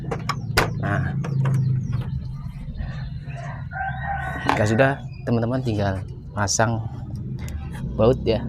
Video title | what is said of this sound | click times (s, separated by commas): Cara Melepas dan Pasang Cover ac Polytron r22 @BELAJAR_AC_GRATIS | itu, kita tinggal menyesuaikannya sampai terkunci sepenuhnya . Nah, setelah itu, | 0.3 s, 0.6 s